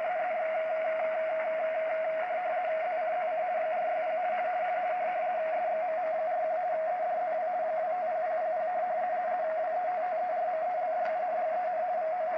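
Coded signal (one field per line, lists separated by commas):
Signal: RTTY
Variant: 50 baud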